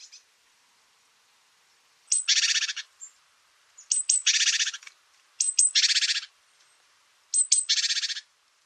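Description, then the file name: Great tit harsh calls: buzzy, rasping churrs, each opening with a sharp note, four bursts with pauses between. "BOGATKA"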